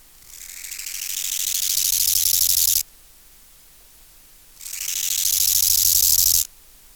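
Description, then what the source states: Bow-winged grasshopper song: two dry, hissing stridulation phrases, each swelling steadily louder for a couple of seconds, then stopping abruptly. Subspecies Chorthippus biguttulus euhedickei.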